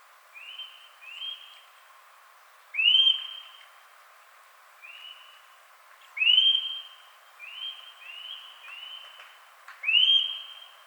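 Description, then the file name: Eurasian nuthatch calls: short whistled notes that rise then level off, given singly or in quick pairs at irregular intervals, some louder than others. "Sitta europaea"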